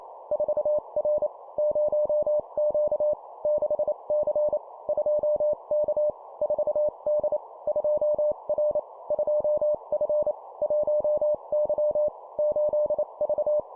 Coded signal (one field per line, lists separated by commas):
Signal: Morse code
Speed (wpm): 28 wpm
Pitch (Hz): 600 Hz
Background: none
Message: 4R 0Q 6C 2K 4D 2R 2F 1Y 8V